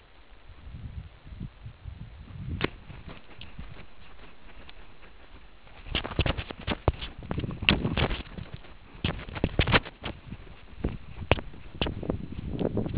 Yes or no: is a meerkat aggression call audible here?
no